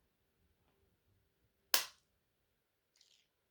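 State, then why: Seated. A single-dose Mounjaro auto-injector pen is unlocked, pressed against the skin and its button pushed. A loud, sharp click at 1.7 s marks the needle going in, and a faint second click at 3.0 s marks the needle retracting. The injection clicks through to completion.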